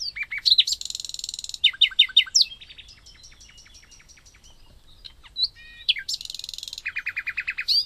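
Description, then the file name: Common nightingale song: loud whistled notes, buzzy rattles and repeated descending pips, with quieter varied phrases between louder bursts. "Luscinia megarhynchos"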